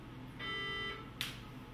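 The end of a CO2 sensor cable, the sensor head, is clipped onto the zero calibration cell and pushed until it snaps. A steady tonal hum plays from about 0.4 to 1.0 s. One loud, sharp snap comes at 1.2 s as the sensor head seats on the cell.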